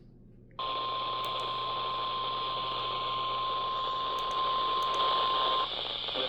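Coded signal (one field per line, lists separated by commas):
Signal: Emergency Alert System (SAME) tones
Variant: 1050 Hz attention tone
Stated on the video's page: Severe weather EAS alert on weather radio stations WWG40 and KJY78.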